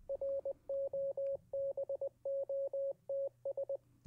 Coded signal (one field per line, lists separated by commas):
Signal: Morse code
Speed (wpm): 20 wpm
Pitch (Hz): 550 Hz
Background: radio noise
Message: ROBOTS